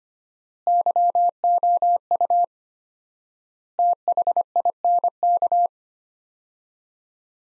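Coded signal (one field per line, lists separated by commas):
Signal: Morse code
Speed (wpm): 25 wpm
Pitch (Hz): 700 Hz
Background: none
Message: YOU THINK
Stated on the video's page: Morse practice drill of sets of four words at 25 wpm with 4x word spacing, a Farnsworth-like method.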